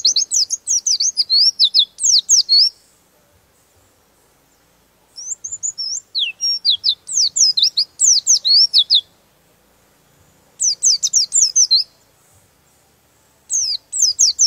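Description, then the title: Bird singing high, quick chattering and whistled phrases with down-slurred notes, delivered in bursts of one to four seconds separated by pauses. Master recording used for training songbirds. "Master Burung Jos"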